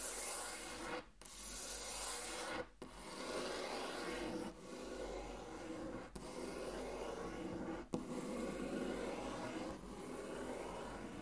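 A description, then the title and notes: Intense tracing across a table: a dense, steady rubbing scrape on wood, gritty and rasping, running almost without pause. Brief breaks come about every one and a half to two seconds, near 1, 2.7, 4.5, 6, 8 and 9.7 seconds, as the stroke changes direction. Intense Table Tracing (No Talking).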